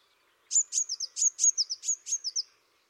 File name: Mesange bleue